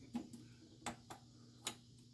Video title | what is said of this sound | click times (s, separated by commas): Changing rocker arms and push rods on 1995 Jeep Wrangler 4cly 2.5l YJ | It'll click on it. | 0.9 s, 1.7 s